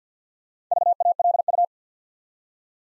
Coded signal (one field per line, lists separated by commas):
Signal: Morse code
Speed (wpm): 49 wpm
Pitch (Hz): 700 Hz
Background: none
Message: VALU